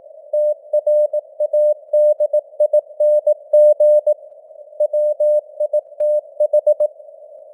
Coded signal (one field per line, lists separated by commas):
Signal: Morse code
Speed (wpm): 18 wpm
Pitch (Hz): 600 Hz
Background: none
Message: TRADING WITH